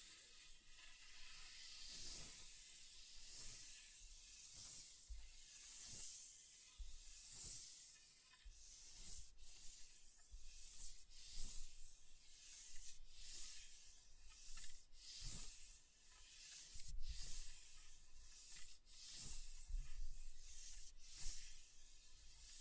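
Scratching across a table surface, with rough, hissy strokes that swell and fade in a fairly regular rhythm, roughly one or two each second. The bright scraping texture stays dense throughout, with occasional short clicks and low thumps between strokes.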